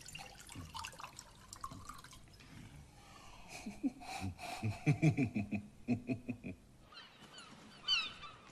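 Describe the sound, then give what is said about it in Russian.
By day, flying seagulls cry out in a rapid run of shrill, honking calls that rise and overlap in the middle, over a steady wash of water and faint splashing throughout. “День. Полет чаек.”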